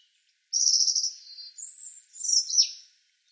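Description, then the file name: European robin song phrase: a drawn-out high, thin note, then a quick tinkling trill that drops sharply at the end, in a quiet background. "Erithacus rubecula"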